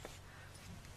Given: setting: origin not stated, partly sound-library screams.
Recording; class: one-second piece from a danger detection set; normal situation